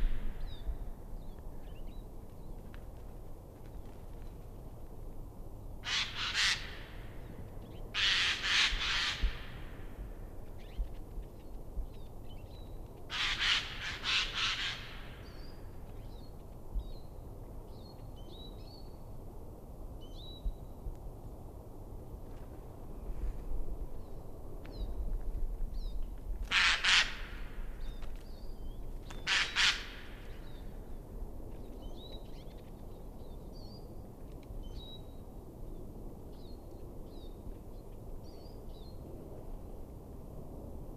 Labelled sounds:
Eurasian Jay call
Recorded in the wild
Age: adult
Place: Schönow, Naturpark Barnim, Brandenburg, DE
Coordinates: 52.6997, 13.4992
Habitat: coniferous forest
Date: 2013-01-13 14:28
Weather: clear, almost windless, -2°C
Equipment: Sound Devices 702, Sennheiser MKH 70, Rycote Windschutz
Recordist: Frommolt, Karl-Heinz

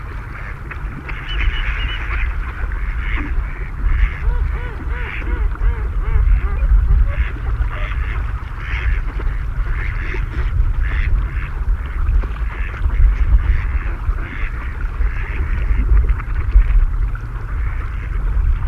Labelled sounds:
Mallard call
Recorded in the wild
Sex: male
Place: Putbus, Insel Rügen, Mecklenburg-Vorpommern, DE
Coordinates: 53.455, 13.186
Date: 1980-02-24
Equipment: Nagra III BH, Sennheiser MD 21, parabola
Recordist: Schubert, Michael
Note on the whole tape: Große Schar Stockenten, bunte Ruf-Mischung

